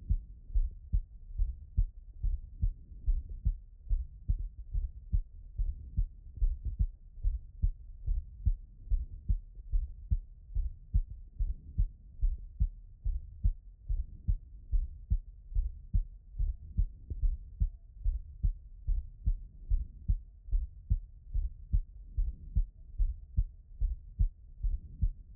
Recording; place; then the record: heart sounds by stethoscope; pulmonary valve (PV)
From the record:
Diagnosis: non-HFrEF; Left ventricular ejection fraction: 57%